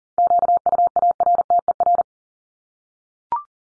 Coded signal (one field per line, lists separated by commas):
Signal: Morse code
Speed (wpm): 40 wpm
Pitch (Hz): 700 Hz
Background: none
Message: QUARTER